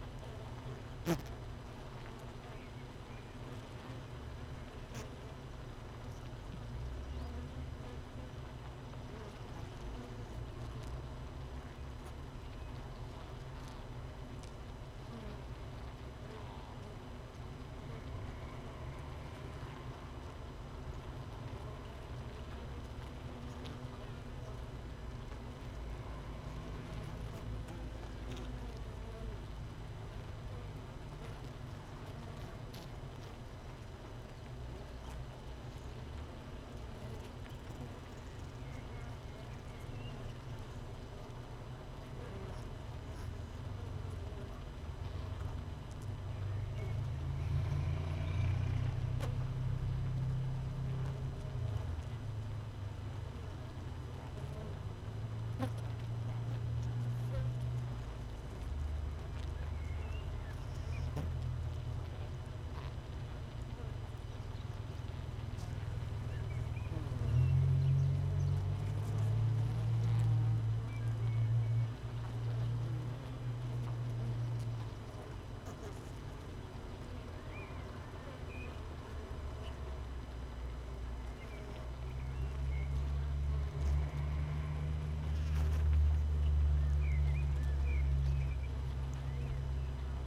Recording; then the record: honeybee colony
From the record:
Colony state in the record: missing queen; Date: 31 May 2018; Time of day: 6:55